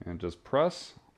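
An embroidery hoop holding fabric is being guided under the two metal tabs of the embroidery arm bracket on a Brother PR1055X 10-needle embroidery machine, ready to be pressed into its holder. Someone talks throughout the short clip. Nothing has clicked or seated yet.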